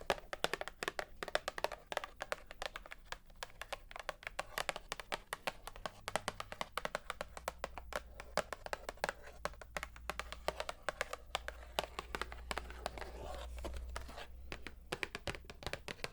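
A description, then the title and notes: Rapid, dense tapping clicks away, fairly steady throughout, over a low hum that swells near the end. Tapping For Tingles (No Talking).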